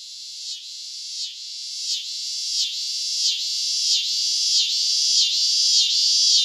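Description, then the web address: Scissor-grinder cicada buzz rising gradually in volume, its pulsing, rasping rhythm repeating about every 0.6 seconds, high and insistent. North America. "Songs of Insects. Scissor-grinder Cicada"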